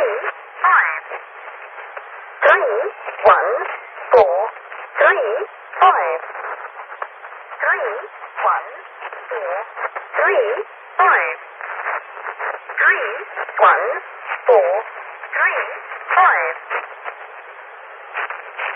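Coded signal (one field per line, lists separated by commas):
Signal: numbers station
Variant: E03 Lincolnshire Poacher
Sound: short spoken words read one after another at a steady pace over a narrow radio channel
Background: radio static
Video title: Zahlensender / Number Station E03 - The Lincolnshire Poacher - 04.01.1998 - 14:02 UTC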